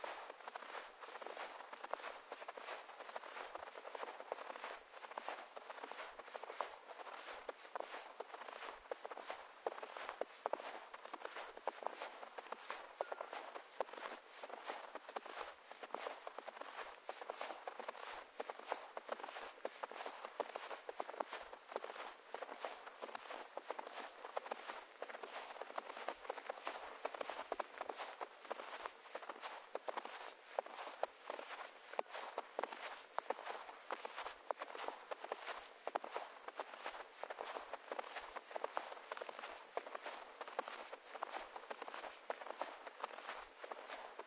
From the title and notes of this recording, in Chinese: 山屋晨雪。凌晨初雪·京。凌晨四点山上录制。50分钟催眠踏雪声。